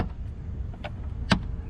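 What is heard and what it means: A plastic latch clip on the engine air filter housing cover of a 2008–2012 Chevrolet Malibu is pressed closed after the new air filter is placed. Over a low rumbling background, a faint tick is followed by a single sharp, loud snap at 1.3 seconds. The latch snaps shut and the cover is seated.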